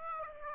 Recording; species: mosquito wingbeat signal from an infrared sensor; Aedes aegypti